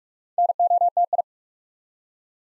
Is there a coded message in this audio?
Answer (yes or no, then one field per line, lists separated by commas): yes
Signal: Morse code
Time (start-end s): 0.4-1.2 s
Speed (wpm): 44 wpm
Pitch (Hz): 700 Hz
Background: none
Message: NOTI